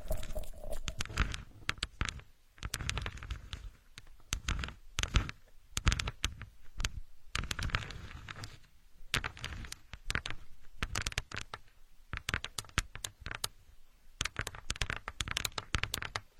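Chalk and pen scratch on a drawing board in quick, uneven bursts of taps and strokes, with brief pauses throughout.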